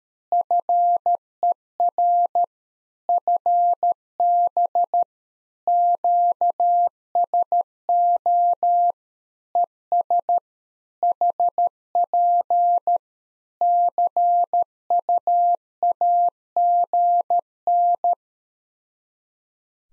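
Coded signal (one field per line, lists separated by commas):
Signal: Morse code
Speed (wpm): 13 wpm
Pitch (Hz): 700 Hz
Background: none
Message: FER FB QSO ES HP CUAGN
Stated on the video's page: Head-copy practice QSO ending segment (pleasantries, 73) at 13 wpm, each segment sent, spoken, then sent again.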